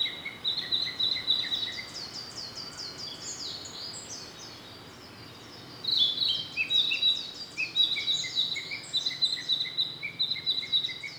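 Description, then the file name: Narcissus flycatcher singing in bursts of quick, high, chirpy notes and trills, a quieter pause midway, then a dense run of repeated whistled phrases resumes. "rodolphe alexis - narcissus flycatcher"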